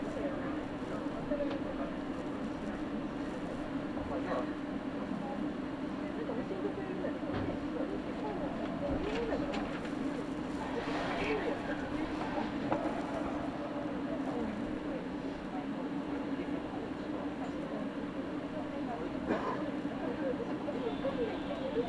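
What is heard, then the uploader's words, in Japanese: A ride on an Iida Line local train from Toyohashi to Toyokawa: a steady, even rumble and hum runs throughout with no letup. Voices murmur over the drone, and scattered clicks and knocks land every few seconds, with a brighter rattle around the middle. 飯田線 各駅停車 豊橋→豊川。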